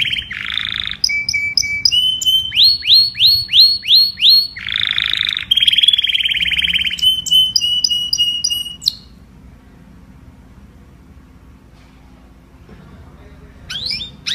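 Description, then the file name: Domestic canary song of buzzy rolls, chipped notes and a series of falling swoops, then several seconds of near silence before a brief final phrase. "Tieng chim hoang yen hot"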